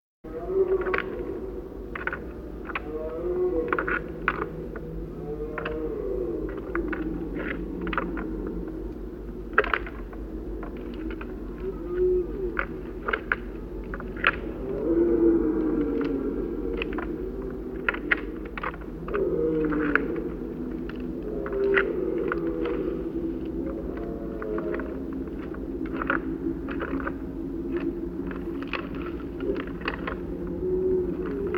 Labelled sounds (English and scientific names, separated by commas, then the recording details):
Red Deer (Cervus elaphus) call
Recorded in the wild
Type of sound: call
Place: Glowe, Insel Rügen, Mecklenburg-Vorpommern, DE
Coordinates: 54.566, 13.447
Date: 1977-09-24 19:00
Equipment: Nagra III BH, Sennheiser MD 21, parabola
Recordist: Schubert, Michael
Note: Hirsch, im Hintergrund kämpfen kurz 2 Hirsche (Stangengeräusch)